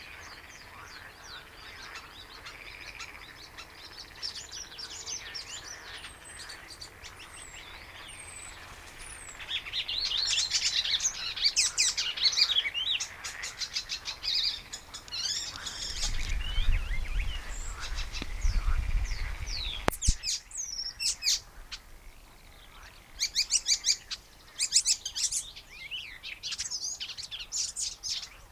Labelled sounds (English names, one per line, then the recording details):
Icterine Warbler
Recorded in the wild
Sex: pair
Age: adult
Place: Möhrendorf, Bayern, DE
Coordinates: 49.6361, 10.9861
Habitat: pond
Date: 1962-05-31
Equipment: Stellavox SM 5, Original, Vollspur
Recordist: Tretzel, Erwin